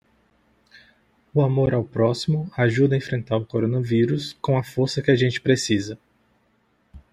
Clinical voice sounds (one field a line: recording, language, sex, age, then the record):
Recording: spoken sentence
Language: Brazilian Portuguese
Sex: male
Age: 30 to 39 years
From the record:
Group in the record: control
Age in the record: 32 years